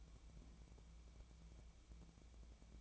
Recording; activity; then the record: daily activity, microphone in the room; take from stove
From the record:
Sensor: 1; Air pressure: 1000.0 hPa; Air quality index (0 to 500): 133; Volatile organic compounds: 2 ppm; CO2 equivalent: 1262 ppm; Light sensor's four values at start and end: 38/97/41/50 and 38/96/40/50